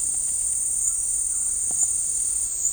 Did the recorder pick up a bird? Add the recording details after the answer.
no. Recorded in dense forest near Puerto Asís, Putumayo, Colombia, on 15 December 2024 at 16:30. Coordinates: 0.499, -76.324. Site G045